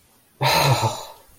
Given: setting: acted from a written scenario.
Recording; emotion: vocal sound without words; elation